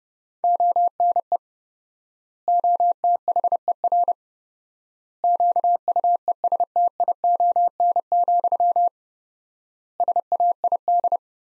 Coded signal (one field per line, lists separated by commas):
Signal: Morse code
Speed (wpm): 30 wpm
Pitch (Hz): 700 Hz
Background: none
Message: ONE OTHER QUESTION, SAID